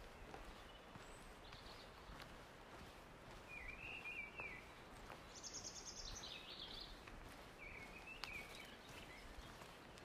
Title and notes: Birdsong along the woods by Gem River